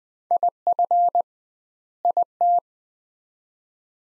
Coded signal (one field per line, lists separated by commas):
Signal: Morse code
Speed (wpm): 20 wpm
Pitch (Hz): 700 Hz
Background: none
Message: IF IT